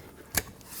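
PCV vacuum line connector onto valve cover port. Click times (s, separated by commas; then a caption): 0.4 s. On a 1998-2011 Ford Ranger 4.0L V6, the PCV vacuum line quick-connector is pushed by hand onto the plastic port on the passenger-side valve cover after its stuck lock is opened by hand. A single sharp click is heard at 0.4 s, and the connector is seated back in place.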